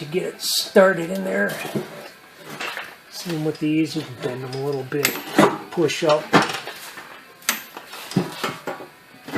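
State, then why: Seated. An oil pan gasket retaining pin on a 1999-2004 Jeep Grand Cherokee 4.0L is bent slightly and pushed up into the engine block while someone talks. A sharp snap at 7.5 s marks the pin seating so the oil pan gasket is held in place, followed by a few lighter taps.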